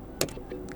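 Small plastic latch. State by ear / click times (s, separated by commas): released / 0.2 s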